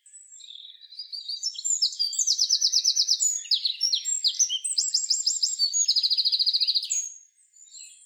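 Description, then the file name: Eurasian wren song, a loud, hurried outpouring of high, sharp notes broken by several fast, rattling trills, running about seven seconds without pause. "Troglodytes troglodytes"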